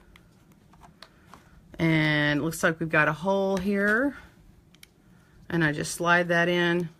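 Someone talks while handling two plastic knitting-loom sections, lining up the male end of one with the hole in the female end of the other and starting to slide it in. A few faint, sharp handling taps sound around the speech. The joint has not locked together yet, and nothing has seated or clicked.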